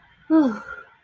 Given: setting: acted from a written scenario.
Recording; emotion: vocal sound without words; contentment